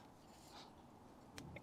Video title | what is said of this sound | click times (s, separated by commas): Vauxhall Opel Insignia Oil Change Fuel Filter Change | and it will click inside. There we go. | 1.4 s